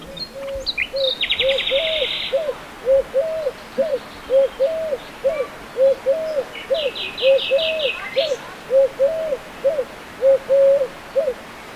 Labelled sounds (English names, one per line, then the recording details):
Common Nightingale song
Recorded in the wild
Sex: male
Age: adult
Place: Turgut, TR
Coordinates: 36.6667, 28.0833
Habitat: flood plain
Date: 1993-04-30 12:30
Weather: fair, ca. 25°C
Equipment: Aiwa HD-S1, Sennheiser MKH 70
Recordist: Frommolt, Karl-Heinz